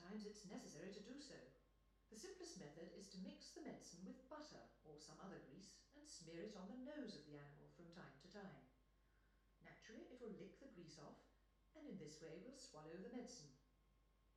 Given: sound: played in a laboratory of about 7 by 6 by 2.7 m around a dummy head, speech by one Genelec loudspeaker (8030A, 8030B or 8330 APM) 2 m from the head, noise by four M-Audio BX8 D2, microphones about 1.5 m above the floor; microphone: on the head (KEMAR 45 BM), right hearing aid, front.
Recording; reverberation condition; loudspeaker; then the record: female speech in English; medium; 90 degrees to the left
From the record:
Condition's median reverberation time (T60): about 510 ms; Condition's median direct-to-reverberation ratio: about -0.5 dB